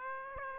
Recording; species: mosquito wingbeat signal from an infrared sensor; Aedes aegypti